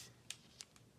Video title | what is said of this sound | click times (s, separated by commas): New E~file @MelodySusieOfficial SM330G unboxing and Demo 😍 | You'll hear a little click. | 0.3 s